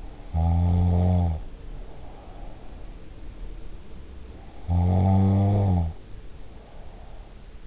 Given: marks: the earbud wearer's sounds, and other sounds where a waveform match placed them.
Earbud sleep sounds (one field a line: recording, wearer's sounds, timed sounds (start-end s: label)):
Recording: sounds in sleep by an in-ear microphone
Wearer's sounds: snoring breath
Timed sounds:
0.31-2.87 s: snoring breath
4.23-7.67 s: snoring breath